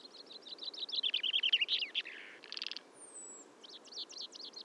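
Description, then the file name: Common chaffinch song, a rapid run of notes dropping into a short buzzy ending, then a new trill beginning; a thin high whistle in between. "Fringilla coelebs"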